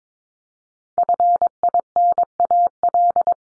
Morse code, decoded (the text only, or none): FINAL